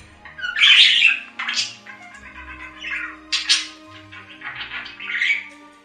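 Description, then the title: Budgerigar giving scattered squawks and scratchy warbled notes separated by quieter stretches, with faint low rumbling in the background. "Budgie Sounds"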